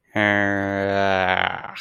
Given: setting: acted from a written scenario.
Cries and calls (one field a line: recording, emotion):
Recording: vocal sound without words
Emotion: anger